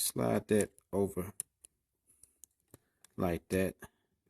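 A plastic propeller guard is slid over the arm of a DEERC D20 toy drone while someone talks, with a few faint small taps and handling noises between the words. The clip ends before the guard goes home, and nothing has seated or clicked yet.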